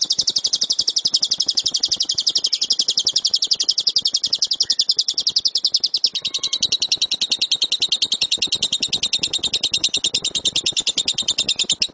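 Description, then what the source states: Lovebird song delivered as a long, unbroken, fast high-pitched chatter. Competition lovebird; kicau (chirping song).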